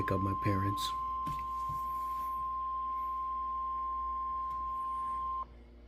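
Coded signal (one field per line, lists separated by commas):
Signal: Emergency Alert System (SAME) tones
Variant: 1050 Hz attention tone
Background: speech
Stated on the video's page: Real severe weather EAS alerts received in central Ohio, including Franklin County.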